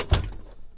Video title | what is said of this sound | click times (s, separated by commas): Alma Van Training Part 2 | That's what you want to hear. Now she's locked in. | 0.1 s